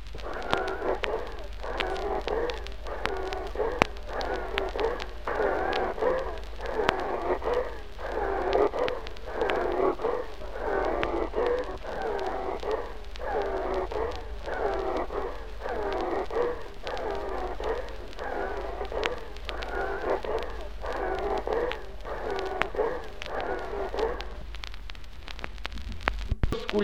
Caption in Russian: Затруднен выдох. Пауза между вдохом и выдохом исчезает. Дыхание становится еще более шумным и свистящим.